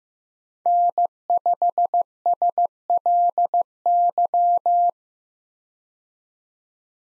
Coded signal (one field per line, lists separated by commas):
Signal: Morse code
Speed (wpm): 15 wpm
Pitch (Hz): 700 Hz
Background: none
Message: N5SLY